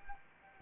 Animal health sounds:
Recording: mosquito wingbeat signal from an infrared sensor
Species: Anopheles arabiensis

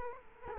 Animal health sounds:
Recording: mosquito wingbeat signal from an infrared sensor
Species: Culex quinquefasciatus

